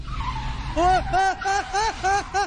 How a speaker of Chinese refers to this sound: 我个人呢系揸紧电单车，但我个灵魂呢就飞咗去嗰个女仔身边，直至我听到一下好大声嘅刹车声啊！